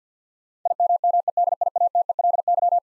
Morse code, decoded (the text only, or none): IMMEDIATELY